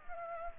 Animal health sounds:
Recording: mosquito wingbeat signal from an infrared sensor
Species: Culex pipiens

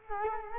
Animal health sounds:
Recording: mosquito wingbeat signal from an infrared sensor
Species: Culex quinquefasciatus

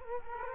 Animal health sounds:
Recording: mosquito wingbeat signal from an infrared sensor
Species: Culex quinquefasciatus

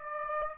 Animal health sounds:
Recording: mosquito wingbeat signal from an infrared sensor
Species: Aedes aegypti

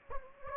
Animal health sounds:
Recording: mosquito wingbeat signal from an infrared sensor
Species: Anopheles gambiae

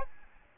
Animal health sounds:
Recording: mosquito wingbeat signal from an infrared sensor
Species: Aedes albopictus

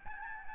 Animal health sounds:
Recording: mosquito wingbeat signal from an infrared sensor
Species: Aedes albopictus

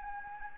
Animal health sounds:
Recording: mosquito wingbeat signal from an infrared sensor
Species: Anopheles gambiae

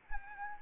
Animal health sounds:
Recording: mosquito wingbeat signal from an infrared sensor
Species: Anopheles arabiensis

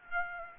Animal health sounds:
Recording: mosquito wingbeat signal from an infrared sensor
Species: Aedes aegypti

